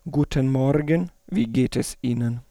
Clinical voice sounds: spoken sentence; German; male; 30 to 39 years; 2; 2; 1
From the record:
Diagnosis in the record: dysphonia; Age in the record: 37 years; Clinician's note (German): Organisch, Zustand nach Abtragung, Entzündung links, beginnender phonatorischer Stillstand links

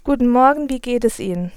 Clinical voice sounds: spoken sentence; German; female; 20 to 29 years; 0; 0; 0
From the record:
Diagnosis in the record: healthy voice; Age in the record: 22 years

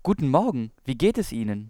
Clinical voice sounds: spoken sentence; German; male; 20 to 29 years; 0; 0; 0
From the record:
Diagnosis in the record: dysodia (singing voice disorder); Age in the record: 23 years

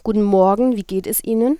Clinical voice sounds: spoken sentence; German; female; 30 to 39 years; 0; 0; 0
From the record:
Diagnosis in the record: healthy voice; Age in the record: 38 years

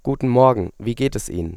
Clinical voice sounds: spoken sentence; German; male; 20 to 29 years; 0; 0; 0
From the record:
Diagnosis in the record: healthy voice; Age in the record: 20 years

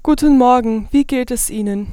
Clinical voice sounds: spoken sentence; German; female; 18 to 19 years; 0; 0; 0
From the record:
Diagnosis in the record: healthy voice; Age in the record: 19 years

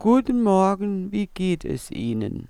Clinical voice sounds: spoken sentence; German; female; 60 to 69 years; 2; 0; 0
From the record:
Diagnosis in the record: presbyphonia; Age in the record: 69 years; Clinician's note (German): Leichte subglottische Einengung

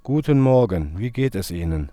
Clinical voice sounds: spoken sentence; German; male; 40 to 49 years; 0; 0; 0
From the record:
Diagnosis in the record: healthy voice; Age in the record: 40 years

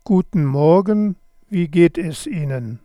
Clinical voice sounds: spoken sentence; German; male; 60 to 69 years; 2; 1; 0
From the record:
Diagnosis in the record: hyperfunctional dysphonia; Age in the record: 64 years

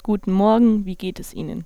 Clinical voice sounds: spoken sentence; German; female; 20 to 29 years; 0; 0; 0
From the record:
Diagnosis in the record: healthy voice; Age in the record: 21 years

